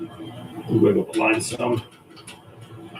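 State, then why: Released. A plastic line retaining clip on its mount on a vehicle is worked as the line is wiggled, while someone talks. At 2.3 seconds a short pop is heard as the clip pops off its mount and is released.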